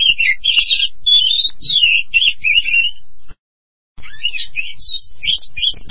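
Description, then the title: Oriental magpie-robin singing rapid, varied whistled and scratchy phrases, breaking off into a short silence before resuming with rising and falling whistles. Long-duration song. "Kacer"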